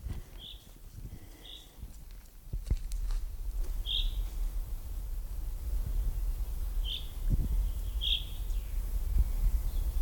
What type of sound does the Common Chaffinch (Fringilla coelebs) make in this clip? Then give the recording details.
call. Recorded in the wild. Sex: male. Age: adult. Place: Lanke, Brandenburg, DE. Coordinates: 52.76, 13.54. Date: 1995-04-30 18:34. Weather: heiter 14-15°C. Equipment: Marantz CP 430, Sennheiser ME 80, Kopie Uher 4000 Report Monitor. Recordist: Tembrock, Günter. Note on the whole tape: Männchen: "Rülschen"